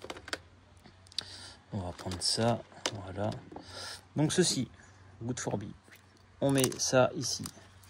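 Someone talks while handling a plastic hornet-trap part, bringing it to the trap body/container during assembly, with a few short, sharp handling taps near the start and around 1.2 s. The part has not yet clipped into place; nothing has seated or clicked yet.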